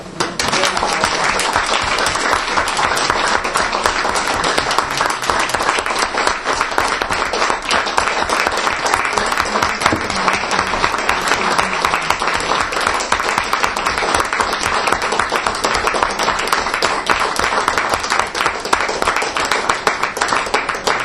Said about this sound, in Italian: Dagli applausi che abbiamo sentito, le poesie sono piaciute molto.